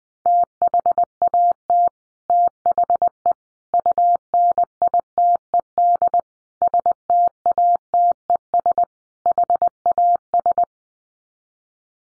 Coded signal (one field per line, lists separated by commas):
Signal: Morse code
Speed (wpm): 20 wpm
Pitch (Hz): 700 Hz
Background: none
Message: THAT THE UNITED STATES HAS